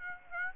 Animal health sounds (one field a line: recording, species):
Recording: mosquito wingbeat signal from an infrared sensor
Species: Aedes aegypti